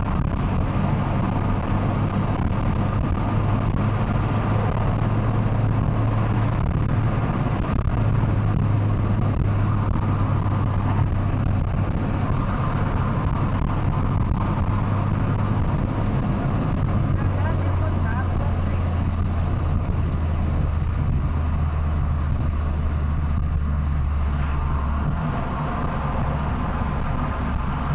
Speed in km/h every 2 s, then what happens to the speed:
112, 122, 126, 120, 116, 112, 112, 117, 107, 95, 90, 86, 80, 78.
0-4 speeds up to 126. 4-10 slows to 112. 10-15 steady at about 112. 15-28 slows to 78.